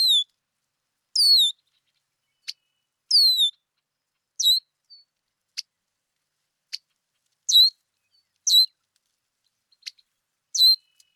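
Red-winged blackbird calling with high, downslurred whistles mixed with sharp clicking check notes, spaced irregularly a second or so apart.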